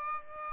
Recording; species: mosquito wingbeat signal from an infrared sensor; Aedes aegypti